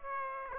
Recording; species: mosquito wingbeat signal from an infrared sensor; Aedes aegypti